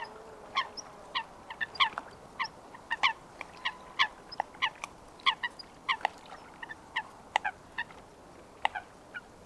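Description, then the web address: Eurasian coot calls, short sharp notes given in a rapid uneven series. "Foulque macroule Fulica atra. Audrey Beauduc"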